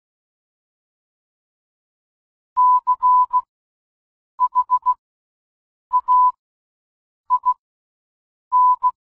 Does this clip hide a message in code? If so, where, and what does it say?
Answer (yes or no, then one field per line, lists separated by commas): yes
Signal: Morse code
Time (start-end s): 2.6-8.9 s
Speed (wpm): 16 wpm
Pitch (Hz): 1000 Hz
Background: none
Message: CHAIN